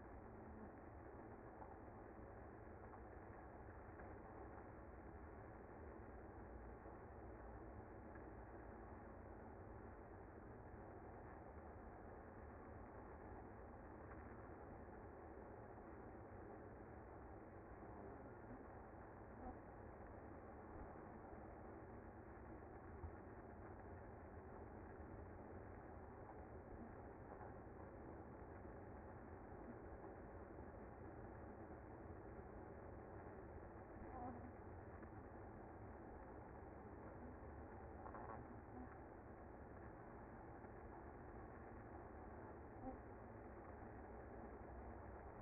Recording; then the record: honeybee colony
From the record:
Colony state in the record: active